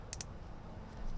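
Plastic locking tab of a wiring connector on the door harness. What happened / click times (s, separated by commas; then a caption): The connector's plastic lock clicked back into place / 0.1 s, 0.2 s. The plastic locking tab of a wiring connector on a Model Y door harness, part of an EVOffer Soft Closing Doors Mark 3.0 install, is pushed back into place after the black wire's terminal was pushed into the connector and confirmed locked. Two sharp, short clicks sound at 0.1 s and 0.2 s over a quiet background, and the lock is seated.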